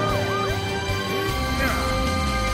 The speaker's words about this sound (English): The brave fire truck is on the way. Whoa! With a powerful blast of water, put out a fire. The red fire truck is on the way.